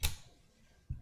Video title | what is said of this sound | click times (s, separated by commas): Intel NUC Build! Tiny, powerful PCs you have to see to believe! | just push it down and it'll lock into place there | 0.1 s